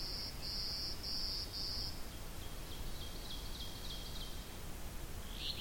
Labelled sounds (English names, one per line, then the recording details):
Ovenbird song
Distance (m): 110 m
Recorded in boreal forest in Alberta, Canada, on 8 June 2016 at 08:11
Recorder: SongMeter 3, array SBT-3-9
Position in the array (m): 179 m, 32 m
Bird 34